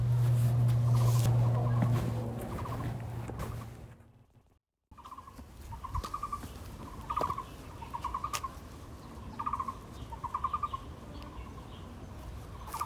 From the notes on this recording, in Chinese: 蟲鳴、鳥叫、犬吠、腳步聲